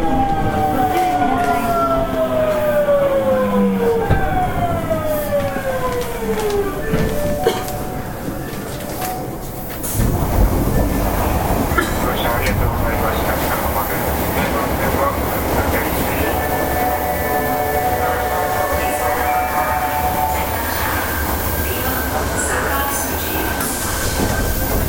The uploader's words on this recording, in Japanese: 大阪市交通局 堺筋線66系 天下茶屋から天六まで。大阪市営地下鉄 66系電車の走行音です。堺筋線の列車にて収録しました。区間は、天下茶屋から天神橋筋六丁目までです。